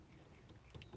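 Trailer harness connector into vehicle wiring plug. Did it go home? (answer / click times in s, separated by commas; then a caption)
no / none. A plastic trailer wiring harness connector is being handled at the vehicle's wiring plug on a Cherokee, with soft rustling, light tapping and low rumbling throughout. A few slightly louder handling bumps come near the end. Nothing has seated or clicked yet.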